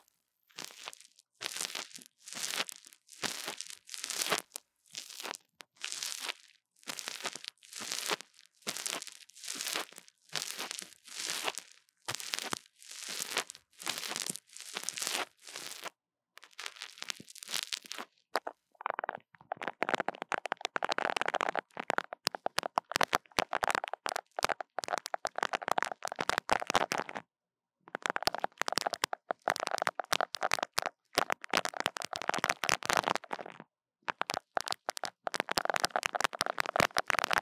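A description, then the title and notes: Tapping and scratching on a mini mic. For the first eighteen seconds, bright rhythmic scratches come in evenly spaced bursts, about two per second. After that the sound turns into denser, rougher crinkly scratching with brief pauses near 27 and 34 seconds. 刺痛觸發迷你麥克風. Tingles With Mini Mic Tapping & Scratching | Lo-fi | No Talking.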